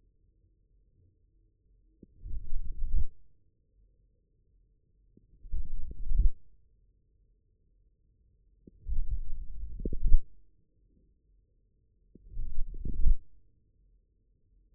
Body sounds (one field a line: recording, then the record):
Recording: forearm muscle sounds (acoustic myography)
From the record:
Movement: forearm pronation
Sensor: system 1, eight BSWA MPA416 microphones around the upper forearm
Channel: 5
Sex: male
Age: 41 years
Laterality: right